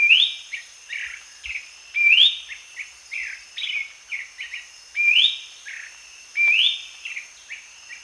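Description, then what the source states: Ferruginous babbler calls: bright rising whistled slurs alternating with shorter falling notes, repeated in loose phrases over a steady high hum. Danum, 1 January 2008.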